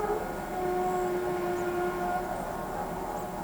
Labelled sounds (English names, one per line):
none